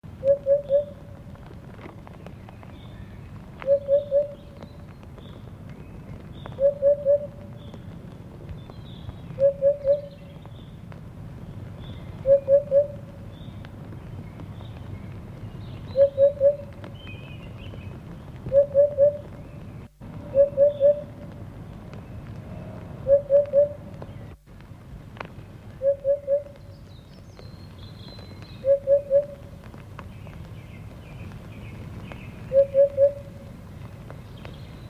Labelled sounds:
Eurasian Hoopoe
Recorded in the wild
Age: adult
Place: Villach, Kärnten, AT
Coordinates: 46.591, 13.824
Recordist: Brunner, Thomas
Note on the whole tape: Aufnahme am 8. und 11. Mai 1971, Oberdörfer, Villach

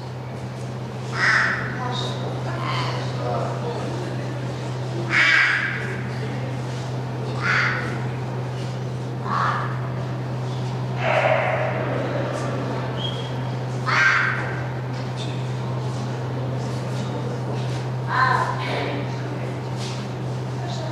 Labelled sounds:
Clouded Leopard
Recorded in captivity
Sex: female
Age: adult
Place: Tierpark Berlin, Berlin, DE
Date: 1982-12-24 11:00
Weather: bedeckt, -2°C
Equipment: Nagra SN, Sennheiser MKH 416 T, Kopie Uher 4200
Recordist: Tembrock, Günter

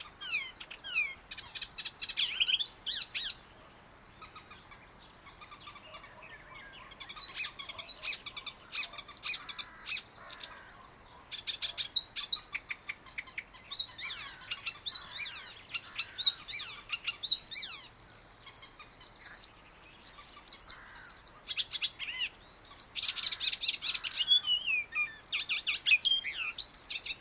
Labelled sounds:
Icterine Warbler song
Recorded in the wild
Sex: male
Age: adult
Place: Baiersdorf, Bayern, DE
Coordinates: 49.6578, 11.0319
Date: 1962-06-17
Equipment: Stellavox SM 5, Vorverstärker, Original, Vollspur
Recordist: Tretzel, Erwin

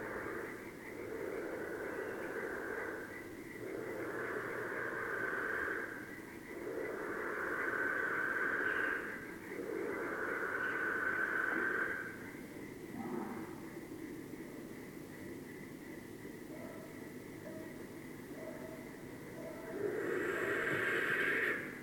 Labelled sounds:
Western Barn Owl call
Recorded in the wild
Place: Burg Stargard, Mecklenburg-Vorpommern, DE
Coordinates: 53.496, 13.316
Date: 1980-04-30 21:32
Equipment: Nagra III BH, Sennheiser MD 21, parabola
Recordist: Schubert, Michael
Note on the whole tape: Schleiereulen-Paar in Feldscheune, Fauchen

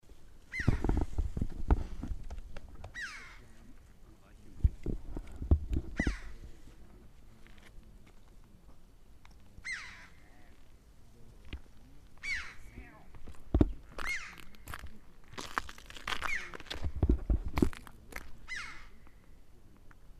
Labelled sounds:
Red-billed Chough call
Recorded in the wild
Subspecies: barbarus
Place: Volcano de San Juan, La Palma, Canary Islands, ES
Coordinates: 28.6011, -17.8611
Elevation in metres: 635
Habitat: mountains
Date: 2013-04-02 13:11
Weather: 20°C, cloudy, weak winds
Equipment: Zoom H2
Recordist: Frommolt, Karl-Heinz

